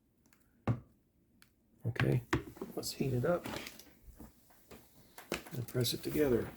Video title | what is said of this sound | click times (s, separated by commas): Changing the Samsung phone battery | you can hear it snap sometimes it'll snap in | 0.7 s